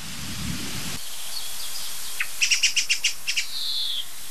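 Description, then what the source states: Song thrush alarm: a short burst of several sharp, clicking ticks in rapid series, over steady background hiss. Agitated, alarm-calling in a big old oak about 60 m from the previous spot, with others joining; apparently mobbing a tawny owl that had flown there.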